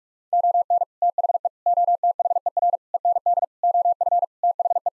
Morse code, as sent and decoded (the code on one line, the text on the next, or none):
--- -. / - .... . / --- - .... . .-. / . -. -.. / --- ..-. / - .... .
ON THE OTHER END OF THE